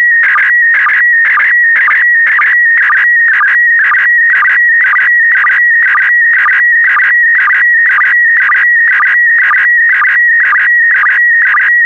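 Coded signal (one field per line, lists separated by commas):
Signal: SSTV (slow-scan television)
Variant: PD120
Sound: steady high whistle near 1.9 kHz with rhythmic low blips about twice a second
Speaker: The next image transmission will start in 10 seconds. Five, four, three, two, one. Thank you. Transmission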